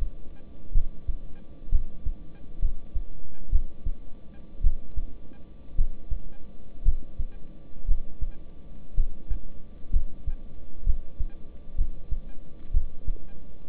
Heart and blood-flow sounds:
heart sounds by stethoscope; between the tricuspid and mitral areas; 60 bpm
0.72 s: heartbeat
1.70 s: heartbeat
2.60 s: heartbeat
3.50 s: heartbeat
4.61 s: heartbeat
5.76 s: heartbeat
6.83 s: heartbeat
7.86 s: heartbeat
8.95 s: heartbeat
9.91 s: heartbeat
10.84 s: heartbeat
11.76 s: heartbeat
12.72 s: heartbeat
From the record:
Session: rest, lying down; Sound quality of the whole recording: good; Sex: male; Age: 26 years

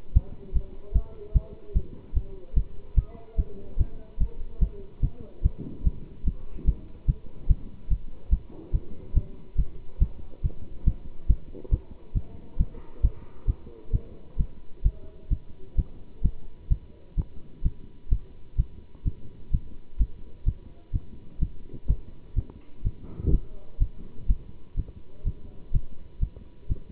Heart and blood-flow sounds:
heart sounds by stethoscope; between the tricuspid and mitral areas; 136 bpm
0.13 s: heartbeat
0.53 s: heartbeat
0.93 s: heartbeat
1.33 s: heartbeat
1.73 s: heartbeat
2.14 s: heartbeat
2.54 s: heartbeat
2.95 s: heartbeat
3.36 s: heartbeat
3.77 s: heartbeat
4.18 s: heartbeat
4.60 s: heartbeat
5.01 s: heartbeat
5.42 s: heartbeat
5.83 s: heartbeat
6.24 s: heartbeat
6.65 s: heartbeat
7.06 s: heartbeat
7.47 s: heartbeat
7.88 s: heartbeat
8.30 s: heartbeat
8.72 s: heartbeat
9.14 s: heartbeat
9.56 s: heartbeat
9.99 s: heartbeat
10.42 s: heartbeat
10.84 s: heartbeat
11.27 s: heartbeat
11.70 s: heartbeat
12.14 s: heartbeat
12.57 s: heartbeat
13.01 s: heartbeat
13.46 s: heartbeat
13.92 s: heartbeat
14.37 s: heartbeat
14.83 s: heartbeat
15.29 s: heartbeat
15.76 s: heartbeat
16.22 s: heartbeat
16.69 s: heartbeat
17.16 s: heartbeat
17.63 s: heartbeat
18.09 s: heartbeat
18.57 s: heartbeat
19.04 s: heartbeat
19.51 s: heartbeat
19.98 s: heartbeat
20.45 s: heartbeat
20.92 s: heartbeat
21.39 s: heartbeat
21.87 s: heartbeat
22.35 s: heartbeat
22.83 s: heartbeat
23.31 s: heartbeat
23.79 s: heartbeat
24.27 s: heartbeat
24.75 s: heartbeat
25.24 s: heartbeat
25.71 s: heartbeat
26.20 s: heartbeat
26.68 s: heartbeat
From the record:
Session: pedaling a stationary bicycle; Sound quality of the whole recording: good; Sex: male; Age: 27 years

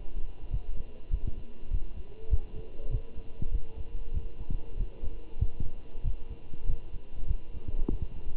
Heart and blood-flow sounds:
heart sounds by stethoscope; between the tricuspid and mitral areas; 97 bpm
0.51 s: heartbeat
1.12 s: heartbeat
1.71 s: heartbeat
2.31 s: heartbeat
2.91 s: heartbeat
3.52 s: heartbeat
4.14 s: heartbeat
4.78 s: heartbeat
5.40 s: heartbeat
6.04 s: heartbeat
6.68 s: heartbeat
7.28 s: heartbeat
7.90 s: heartbeat
From the record:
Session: walking at 3.7 km/h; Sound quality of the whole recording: good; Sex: male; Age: 23 years

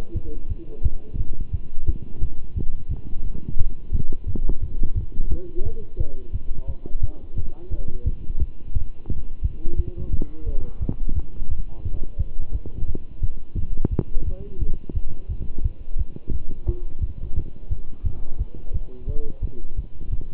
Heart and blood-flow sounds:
heart sounds by stethoscope; between the tricuspid and mitral areas; 174 bpm
0.15 s: heartbeat
0.49 s: heartbeat
0.83 s: heartbeat
1.18 s: heartbeat
1.52 s: heartbeat
1.87 s: heartbeat
2.21 s: heartbeat
2.55 s: heartbeat
2.89 s: heartbeat
3.24 s: heartbeat
3.58 s: heartbeat
3.92 s: heartbeat
4.27 s: heartbeat
4.61 s: heartbeat
4.95 s: heartbeat
5.30 s: heartbeat
5.64 s: heartbeat
5.98 s: heartbeat
6.33 s: heartbeat
6.68 s: heartbeat
7.01 s: heartbeat
7.36 s: heartbeat
7.71 s: heartbeat
8.05 s: heartbeat
8.39 s: heartbeat
8.74 s: heartbeat
9.09 s: heartbeat
9.43 s: heartbeat
9.77 s: heartbeat
10.11 s: heartbeat
10.46 s: heartbeat
10.80 s: heartbeat
11.15 s: heartbeat
11.49 s: heartbeat
11.84 s: heartbeat
12.18 s: heartbeat
12.53 s: heartbeat
12.87 s: heartbeat
13.21 s: heartbeat
13.56 s: heartbeat
13.91 s: heartbeat
14.26 s: heartbeat
14.59 s: heartbeat
14.94 s: heartbeat
15.29 s: heartbeat
15.63 s: heartbeat
15.98 s: heartbeat
16.32 s: heartbeat
16.66 s: heartbeat
17.01 s: heartbeat
17.35 s: heartbeat
17.70 s: heartbeat
18.04 s: heartbeat
18.38 s: heartbeat
18.73 s: heartbeat
19.07 s: heartbeat
19.42 s: heartbeat
19.76 s: heartbeat
20.11 s: heartbeat
From the record:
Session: Bruce protocol treadmill stress test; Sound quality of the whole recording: good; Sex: male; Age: 23 years

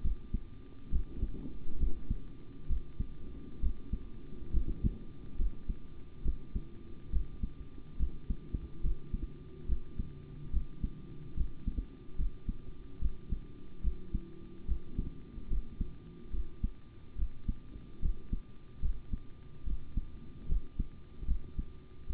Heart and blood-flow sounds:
heart sounds by stethoscope; between the tricuspid and mitral areas; 71 bpm
0.02 s: heartbeat
0.90 s: heartbeat
1.78 s: heartbeat
2.67 s: heartbeat
3.60 s: heartbeat
4.51 s: heartbeat
5.36 s: heartbeat
6.23 s: heartbeat
7.10 s: heartbeat
7.97 s: heartbeat
8.81 s: heartbeat
9.66 s: heartbeat
10.51 s: heartbeat
11.35 s: heartbeat
12.16 s: heartbeat
12.99 s: heartbeat
13.82 s: heartbeat
14.66 s: heartbeat
15.48 s: heartbeat
16.31 s: heartbeat
17.16 s: heartbeat
18.00 s: heartbeat
18.80 s: heartbeat
19.64 s: heartbeat
20.47 s: heartbeat
21.26 s: heartbeat
22.07 s: heartbeat
From the record:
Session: rest, sitting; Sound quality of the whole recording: good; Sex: male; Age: 25 years

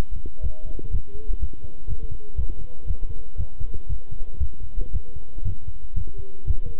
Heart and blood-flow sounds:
heart sounds by stethoscope; between the tricuspid and mitral areas; 119 bpm
0.43 s: heartbeat
0.92 s: heartbeat
1.41 s: heartbeat
1.89 s: heartbeat
2.37 s: heartbeat
2.87 s: heartbeat
3.38 s: heartbeat
3.89 s: heartbeat
4.40 s: heartbeat
4.93 s: heartbeat
5.45 s: heartbeat
5.96 s: heartbeat
6.47 s: heartbeat
From the record:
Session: walking at 3.7 km/h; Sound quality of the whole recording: good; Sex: male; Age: 25 years

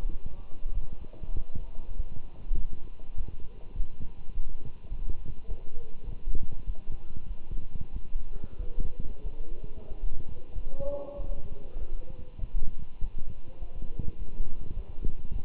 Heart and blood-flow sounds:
heart sounds by stethoscope; between the tricuspid and mitral areas; 99 bpm
0.11 s: heartbeat
0.74 s: heartbeat
1.35 s: heartbeat
1.96 s: heartbeat
2.57 s: heartbeat
3.17 s: heartbeat
3.76 s: heartbeat
4.34 s: heartbeat
4.90 s: heartbeat
5.48 s: heartbeat
6.06 s: heartbeat
6.66 s: heartbeat
7.28 s: heartbeat
7.92 s: heartbeat
8.58 s: heartbeat
9.23 s: heartbeat
9.89 s: heartbeat
10.55 s: heartbeat
11.17 s: heartbeat
11.79 s: heartbeat
12.40 s: heartbeat
13.00 s: heartbeat
13.60 s: heartbeat
14.19 s: heartbeat
14.75 s: heartbeat
15.33 s: heartbeat
From the record:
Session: walking at 3.7 km/h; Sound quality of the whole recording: good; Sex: male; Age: 24 years

